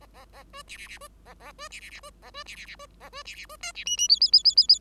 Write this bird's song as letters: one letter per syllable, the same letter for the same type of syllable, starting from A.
A A A B C C C B A A B C C C B A B C C C B A B C C B D C E E F F F F F F